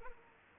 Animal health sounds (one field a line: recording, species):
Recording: mosquito wingbeat signal from an infrared sensor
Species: Anopheles arabiensis